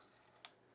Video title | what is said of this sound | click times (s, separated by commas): Get BUTTERY SMOOTH Video With Your Phone, GoPro or Mirrorless Camera - Feiyu Tech G6 Max Review | and then we're going to push this one up until that locks into place | 0.4 s